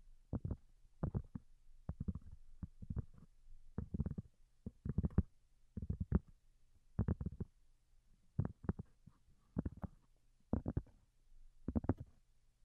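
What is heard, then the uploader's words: Soft, delicate tapping in short clustered bursts about once a second, each a quick flurry of muffled taps over a faint low hum. Most Delicate and Calming Tapping. (No Talking).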